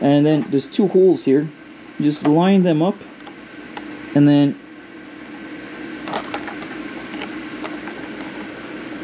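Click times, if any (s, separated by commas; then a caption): 6.3 s. Someone talks while a power controller's connector clip is lined up with the two holes on a plastic model railway power track piece. The clip is then pushed down amid faint handling noises and clicks into place at 6.3 s, seated on the power track.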